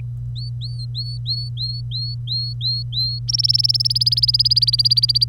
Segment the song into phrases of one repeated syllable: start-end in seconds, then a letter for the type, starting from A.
0.36-3.19 A, 3.28-5.24 B